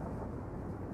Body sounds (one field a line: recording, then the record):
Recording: background sound without coughing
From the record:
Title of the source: Train Ride Ambience ambient white noise for sleeping, focus, studying, reading